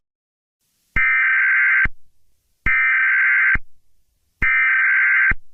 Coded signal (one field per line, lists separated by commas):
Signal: Emergency Alert System (SAME) tones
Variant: header bursts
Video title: EAS Scenario 9: Night of the Living Pharmacist